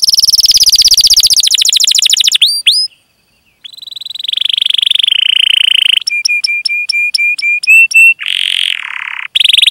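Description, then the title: Atlantic canary singing a fast trill and upward whistles, a short pause, then buzzy sustained phrases and clipped metallic repeated notes. Canary singing energetically (gacor), with its best song phrasing (cengkok) and a rich fill-in repertoire (isian). "Kenari Gacor Cengkok Terbaik Isian Paling Mewah"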